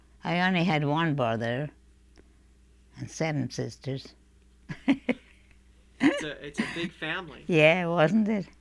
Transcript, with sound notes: I only had one brother and seven sisters. ( she laughs )
It's a big family.
Yeah, wasn't it.